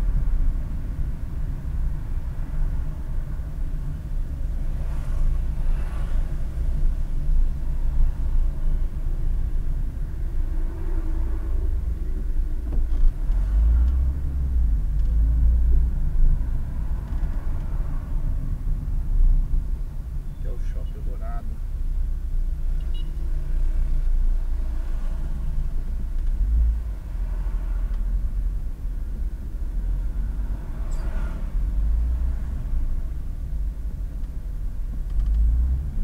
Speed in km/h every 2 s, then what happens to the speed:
16, 15, 13, 13, 12, 5, 9, 20, 18, 11, 8, 6, 0, 0, 7, 9, 8, 12.
0-7 steady at about 13. 7-11 slows to 5. 11-14 speeds up to 20. 15-23 slows to 0. 23-27 standing. 27-36 pulls away to 12.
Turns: none.